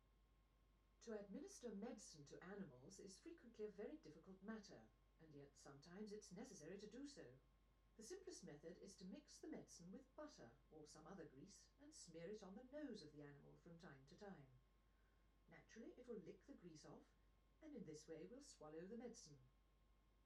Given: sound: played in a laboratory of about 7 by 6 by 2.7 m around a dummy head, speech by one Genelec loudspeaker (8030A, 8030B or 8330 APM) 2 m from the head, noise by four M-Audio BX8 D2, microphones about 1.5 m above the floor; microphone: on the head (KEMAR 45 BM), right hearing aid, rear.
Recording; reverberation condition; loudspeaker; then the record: female speech in English; low; 60 degrees to the left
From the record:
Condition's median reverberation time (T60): about 310 ms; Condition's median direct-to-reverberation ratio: about 3.5 dB